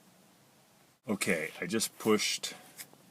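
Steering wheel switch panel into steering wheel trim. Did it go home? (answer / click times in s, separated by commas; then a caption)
no / none. A steering wheel switch panel on a Prius 30 is handled as it is being pushed back into the steering wheel trim, while someone talks from about 1.0 s onward after a quiet start. Nothing has seated or clicked yet.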